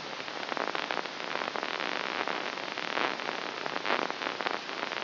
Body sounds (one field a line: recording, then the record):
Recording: brain microelectrode recording played as sound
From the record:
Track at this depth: inside the subthalamic nucleus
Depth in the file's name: 1.141 mm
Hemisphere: left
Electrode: 3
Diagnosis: Parkinson's disease